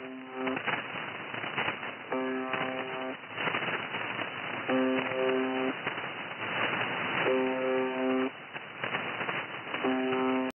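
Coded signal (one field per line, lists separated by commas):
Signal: channel marker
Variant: UVB-76 (The Buzzer)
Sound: four harsh low buzzes, about one second each, repeating steadily through hissing static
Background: radio static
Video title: The Buzzer 4625khz 06/07/2019 01:23 UTC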